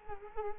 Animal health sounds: mosquito wingbeat signal from an infrared sensor; Culex quinquefasciatus

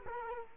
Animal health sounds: mosquito wingbeat signal from an infrared sensor; Culex quinquefasciatus

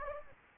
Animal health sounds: mosquito wingbeat signal from an infrared sensor; Anopheles gambiae

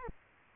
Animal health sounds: mosquito wingbeat signal from an infrared sensor; Aedes aegypti

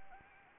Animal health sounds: mosquito wingbeat signal from an infrared sensor; Anopheles arabiensis

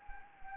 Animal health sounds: mosquito wingbeat signal from an infrared sensor; Anopheles gambiae

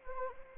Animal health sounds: mosquito wingbeat signal from an infrared sensor; Anopheles arabiensis

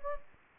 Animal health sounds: mosquito wingbeat signal from an infrared sensor; Anopheles gambiae

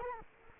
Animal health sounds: mosquito wingbeat signal from an infrared sensor; Culex quinquefasciatus

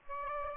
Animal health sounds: mosquito wingbeat signal from an infrared sensor; Aedes albopictus

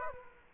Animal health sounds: mosquito wingbeat signal from an infrared sensor; Aedes aegypti

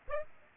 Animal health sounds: mosquito wingbeat signal from an infrared sensor; Aedes aegypti

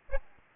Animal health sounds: mosquito wingbeat signal from an infrared sensor; Aedes albopictus

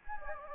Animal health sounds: mosquito wingbeat signal from an infrared sensor; Anopheles gambiae

